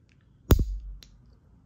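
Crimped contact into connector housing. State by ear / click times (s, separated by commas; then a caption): seated / 0.5 s. A crimped metal contact on a cable is pushed into a plastic 50 A Anderson high-current connector housing and locks in with a sharp click at 0.5 s. A softer low thud follows, and a fainter tick comes at 1.0 s. The contact is seated in the housing.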